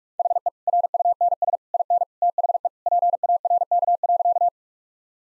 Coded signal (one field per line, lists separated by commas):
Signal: Morse code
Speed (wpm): 45 wpm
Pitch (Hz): 700 Hz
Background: none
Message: HE RUNS IN THE PARK.